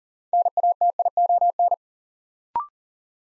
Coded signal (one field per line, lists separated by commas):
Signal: Morse code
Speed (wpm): 38 wpm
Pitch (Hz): 700 Hz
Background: none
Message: NATION